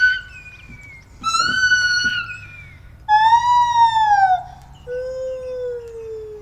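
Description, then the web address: Lar gibbon producing four loud, long, rich whistled notes, two steady, one falling and a final lower sustained tone, separated by brief pauses. Captive, zoo in Debrecen, 2012; recorded with a Marantz recorder and shotgun microphone. "allathangok debrecenizoo 2012. feherkezugibbon"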